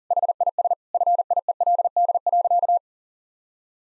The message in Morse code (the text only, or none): HIS FIELD.